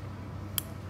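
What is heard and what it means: A steel needle holder's ratchet lock is pushed outwards to disengage it and open the jaws. A single sharp click at 0.6 s marks the lock releasing over a low, steady background hum.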